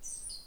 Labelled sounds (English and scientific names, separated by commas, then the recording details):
Stitchbird (Notiomystis cincta) song
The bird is a male
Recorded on Tiritiri Matangi Island, New Zealand, in 2005
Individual 4, of nest box 4